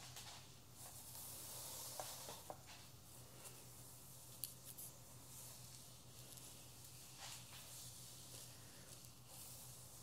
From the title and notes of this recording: Haircut Real Hair and No Talking.